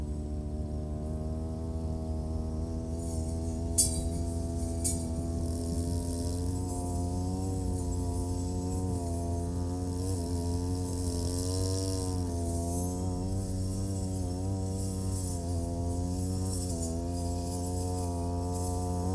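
A brush cutter runs without pause, its engine a steady, buzzing drone with a strong low hum. The pitch rises and dips slightly as the motor works. Two sharp clicks land near four and five seconds, like debris striking.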